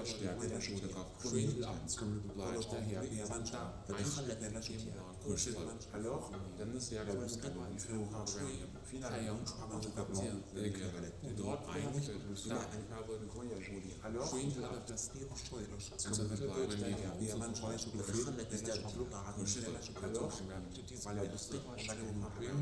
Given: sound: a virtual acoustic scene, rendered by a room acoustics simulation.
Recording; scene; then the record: noise of the scene; underground station, no trains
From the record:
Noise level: 70 dB SPL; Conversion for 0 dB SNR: 0.7 dB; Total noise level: 70.7 dB SPL